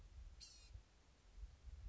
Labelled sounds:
Blue-gray Gnatcatcher (Polioptila caerulea)
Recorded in Sonoma County, California

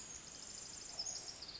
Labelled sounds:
Pacific Wren (Troglodytes pacificus)
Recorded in Sonoma County, California

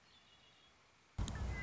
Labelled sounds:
Red-winged Blackbird (Agelaius phoeniceus)
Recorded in Sonoma County, California

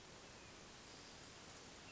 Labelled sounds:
Hermit Thrush (Catharus guttatus)
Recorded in Sonoma County, California

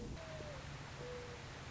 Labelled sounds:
Mourning Dove (Zenaida macroura)
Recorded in Sonoma County, California

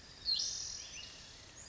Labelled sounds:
Spotted Towhee (Pipilo maculatus)
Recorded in Sonoma County, California

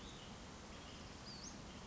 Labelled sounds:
Western Flycatcher (Empidonax difficilis)
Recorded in Sonoma County, California

